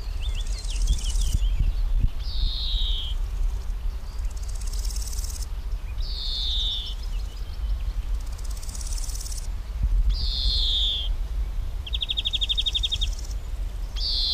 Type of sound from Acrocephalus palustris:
song